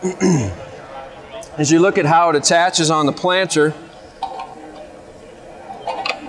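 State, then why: Not seated. A FurrowJet fertilizer application attachment is handled at the quick-attach Keeton seed firmer bracket on a planter row unit while someone talks. Short sharp handling knocks follow at about 4.2 s and 6.1 s. Nothing has seated or clicked yet.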